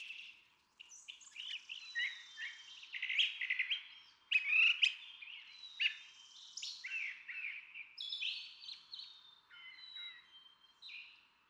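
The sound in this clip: Brown Thrasher song: overlapping, varied phrases of whistles and harsh notes, somewhat cluttered, with a faint hiss beneath throughout.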